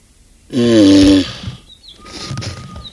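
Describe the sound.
Galapagos tortoise gives one drawn-out, rough, droning groan lasting under a second, followed by a faint whistle and soft rustling.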